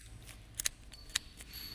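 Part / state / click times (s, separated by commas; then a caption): lock ring on a torque wrench handle / seated / 0.6 s, 0.7 s, 1.2 s. After the handle is set to the desired torque, the adjustment lock ring on a torque wrench handle is moved back to lock the setting. Sharp, bright clicks sound at 0.6 s, 0.7 s and 1.2 s, with a few fainter ticks around them. The lock ring clicks back into place and the setting is locked.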